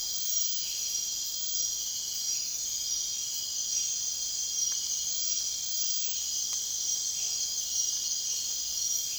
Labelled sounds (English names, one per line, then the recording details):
none
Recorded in dense forest near Puerto Asís, Putumayo, Colombia, on 23 June 2025 at 00:30
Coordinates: 0.466, -76.327
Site GP04